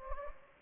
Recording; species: mosquito wingbeat signal from an infrared sensor; Anopheles gambiae